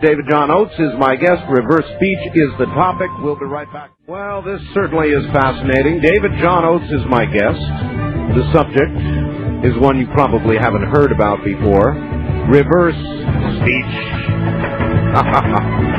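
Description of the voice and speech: An adult man speaks clearly and fluently at a brisk, even radio pace over a faint music bed: normal speech.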